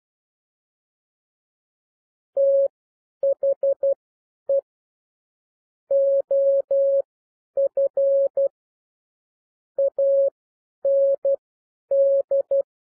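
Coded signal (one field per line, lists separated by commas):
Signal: Morse code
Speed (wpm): 12 wpm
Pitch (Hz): 550 Hz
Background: none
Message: THE OF AND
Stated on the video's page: Morse reading lesson with characters at 12 wpm and overall speed 9 to 12 wpm.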